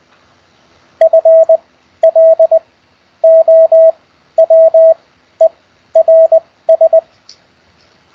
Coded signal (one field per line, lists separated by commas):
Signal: Morse code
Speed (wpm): 20 wpm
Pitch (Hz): 650 Hz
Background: radio noise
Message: FLOWERS